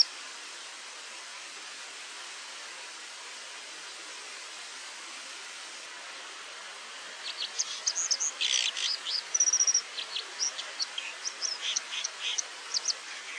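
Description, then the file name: White-throated dipper: after a quiet stretch with steady background noise, a fast run of high, thin, scratchy chirps and twitters. "PLUSZCZ"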